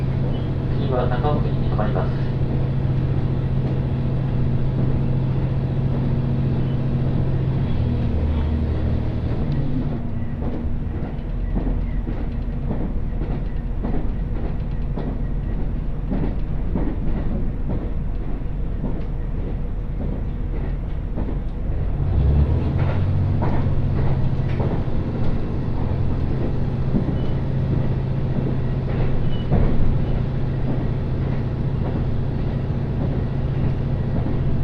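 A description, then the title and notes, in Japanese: Onboard ride in a single-car GV-E400 hybrid train on the Tsugaru Line, with a steady low engine drone and continual rattling from the wheels and rails. Around ten seconds the drone drops lower and softens, then swells back up with a rising tone near twenty-two seconds. 津軽線 蟹田→津軽二股。列車はGV-E400系の1両で、いわゆるハイブリッド車になります。ほどよく混んでいてロングシートに座ります。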